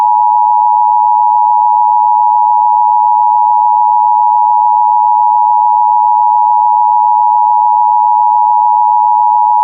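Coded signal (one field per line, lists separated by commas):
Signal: Emergency Alert System (SAME) tones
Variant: 853 and 960 Hz attention tone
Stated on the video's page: Fictional EAS scenario, not a real alert.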